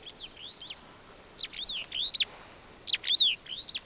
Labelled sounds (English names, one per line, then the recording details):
Superb Starling flight call
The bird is a male
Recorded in Kenya on 25 April 2009 at 09:01
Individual 104, of group SRB2